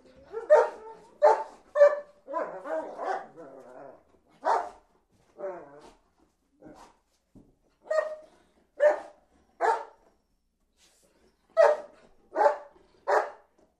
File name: Happy Dog playing and barking in garden